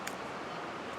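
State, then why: Seated. A metal brake pad abutment clip from the hardware kit is pushed down over the greased rear caliper mounting bracket of a 2010 Nissan Murano until it snaps into place. A short, sharp snap is heard at 0.1 s over a steady background. The clip is seated where it belongs.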